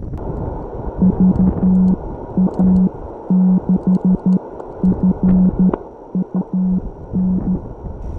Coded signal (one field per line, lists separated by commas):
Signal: Morse code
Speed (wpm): 12 wpm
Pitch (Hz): 180 Hz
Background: none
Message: VA6FUN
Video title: SOTA Signals from Signal Butte